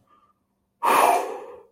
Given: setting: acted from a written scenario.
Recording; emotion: vocal sound without words; relief